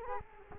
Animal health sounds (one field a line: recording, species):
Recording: mosquito wingbeat signal from an infrared sensor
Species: Culex quinquefasciatus